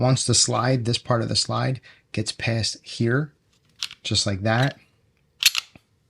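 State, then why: Seated. During reassembly of a Walther PPQ Q5 Match pistol, someone talks while the slide is pushed down and then back onto the frame rails. Sharp metallic clacks sound at 5.5 s and 5.6 s as the slide locks into place on the frame and will no longer come off.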